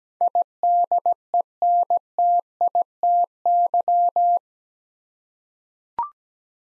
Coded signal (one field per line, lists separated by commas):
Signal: Morse code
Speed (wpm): 17 wpm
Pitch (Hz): 700 Hz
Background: none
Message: IDENTITY